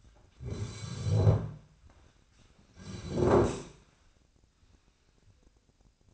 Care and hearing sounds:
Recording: daily activity, microphone in the room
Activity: sit down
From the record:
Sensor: 2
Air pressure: 1009.1 hPa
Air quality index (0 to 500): 168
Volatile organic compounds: 2 ppm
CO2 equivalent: 1230 ppm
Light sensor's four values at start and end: 40/107/45/49 and 36/96/40/44

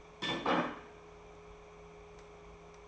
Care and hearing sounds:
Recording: daily activity, microphone in the room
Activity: place plate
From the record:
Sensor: 1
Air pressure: 1015.1 hPa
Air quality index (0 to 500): 200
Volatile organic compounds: 25 ppm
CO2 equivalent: 2836 ppm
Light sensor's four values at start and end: 27/67/28/34 and 27/67/29/34

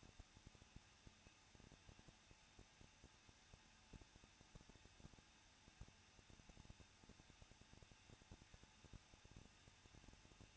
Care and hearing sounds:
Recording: daily activity, microphone in the room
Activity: no activity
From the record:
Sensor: 2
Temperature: 21.0 degrees Celsius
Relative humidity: 37.5%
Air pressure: 1006.2 hPa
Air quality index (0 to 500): 224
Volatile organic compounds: 25 ppm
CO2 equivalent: 2846 ppm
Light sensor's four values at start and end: 2/3/2/2 and 2/3/2/2

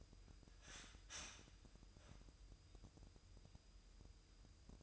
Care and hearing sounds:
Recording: daily activity, microphone in the room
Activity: start toaster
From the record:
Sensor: 2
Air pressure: 988.5 hPa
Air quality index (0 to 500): 191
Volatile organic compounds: 185 ppm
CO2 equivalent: 4160 ppm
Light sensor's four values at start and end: 20/68/27/25 and 20/68/27/25

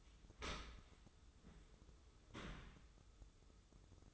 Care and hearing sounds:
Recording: daily activity, microphone in the room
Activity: open dishwasher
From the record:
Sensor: 3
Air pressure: 995.8 hPa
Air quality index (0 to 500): 97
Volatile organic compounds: 13 ppm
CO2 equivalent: 2425 ppm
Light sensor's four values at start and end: 29/87/37/32 and 29/87/37/32

